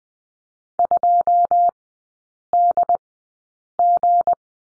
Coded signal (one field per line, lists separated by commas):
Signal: Morse code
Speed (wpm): 20 wpm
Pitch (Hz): 700 Hz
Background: none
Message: 2DG